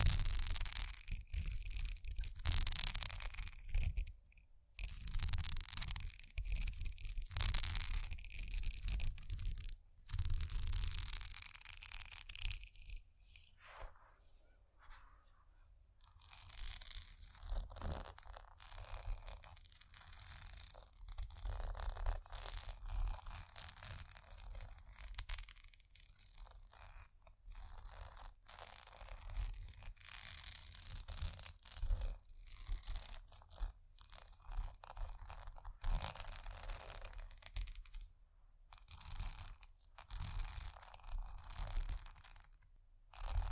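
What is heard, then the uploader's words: Bumpy textured items scratch against each other in rough, crunchy strokes with a brittle, scraping edge. The rubbing comes in irregular bursts with brief silent gaps, busiest in the first ten seconds, then thinner and more broken, with louder flurries returning near the end. ASMR Bumpy Textured Items Scratching（No Talking）.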